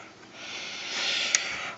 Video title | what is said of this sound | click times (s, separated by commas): HP Pavilion dv6-3050sa - How to get to and clean the fan | and that just simply clicks back in there um | 1.3 s